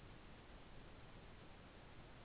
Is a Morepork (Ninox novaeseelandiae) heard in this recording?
no